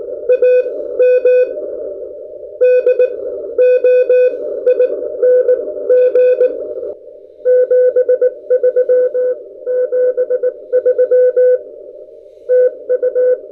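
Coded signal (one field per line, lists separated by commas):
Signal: Morse code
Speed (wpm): 20 wpm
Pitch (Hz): 500 Hz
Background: none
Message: AM DOING 73 73 TU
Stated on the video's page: Morse keyed on a newly reviewed VK6 paddle, tested for spacing and compared against a Bencher during a first contact.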